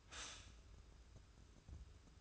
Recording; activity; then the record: daily activity, microphone in the room; stop toaster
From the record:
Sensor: 2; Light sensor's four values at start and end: 84/196/81/79 and 84/195/80/79